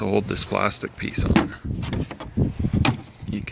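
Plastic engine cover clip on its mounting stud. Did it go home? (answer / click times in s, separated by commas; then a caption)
released / 2.9 s. Someone talks while the plastic engine cover on a 2006 Chevy Impala, held by two snap clips, is pulled up off its mounting stud. One clip pops free with a sharp snap at 2.9 s, releasing the cover so it can be moved out of the way.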